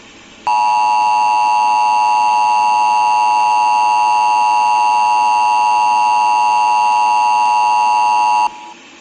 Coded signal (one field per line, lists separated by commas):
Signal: Emergency Alert System (SAME) tones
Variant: 853 and 960 Hz attention tone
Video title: Nuclear Attack on the USA | EAS Scenario